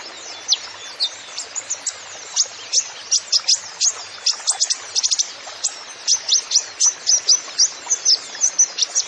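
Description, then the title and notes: Kolibri Ninja song: thin, high, sharp downslurred chirps in a steady, irregular series with brief faster bursts. Masteran recording used to train songbirds, full of 'isian' fill-in and 'tembakan' shot song phrases, meant as 'pancingan' to prompt other birds; bird described as 'gacor', singing persistently. "MASTERAN KOLIBRI NINJA FULL ISIAN DAN TEMBAKAN COCOK BUAT PANCINGAN. Suara Burung Kolibri Ninja Gacor"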